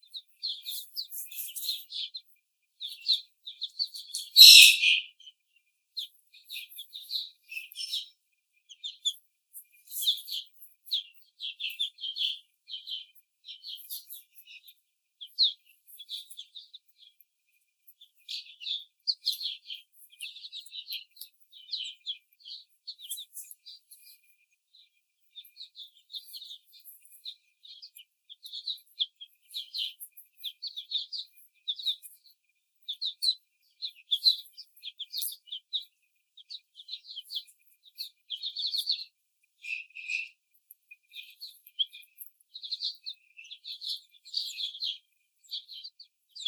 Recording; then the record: young laying hens in a cage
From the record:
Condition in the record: after the stressor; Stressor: simulated dog barking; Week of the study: 4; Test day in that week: 2